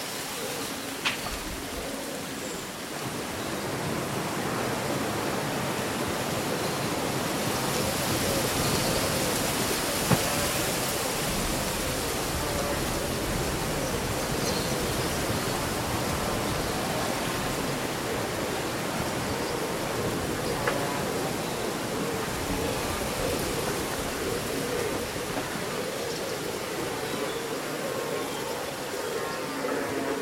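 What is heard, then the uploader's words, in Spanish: Wind on a summer day keeps the leaves rustling in a dense, steady hiss that swells gently and fills the whole clip. A few brief clicks or snaps stand out near 1, 10 and 21 seconds, with faint bird calls barely emerging. Un bosque bañado por el sol.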